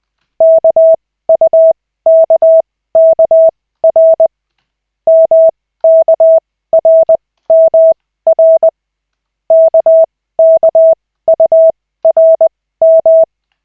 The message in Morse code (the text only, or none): KUKKR MKRMR KKURM